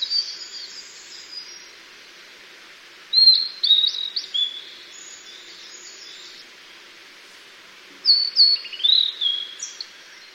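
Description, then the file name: Blue-and-white flycatcher singing three separate phrases of clear, high, downslurred whistles, several seconds apart, over a soft steady hiss. "ooruri"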